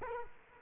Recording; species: mosquito wingbeat signal from an infrared sensor; Culex quinquefasciatus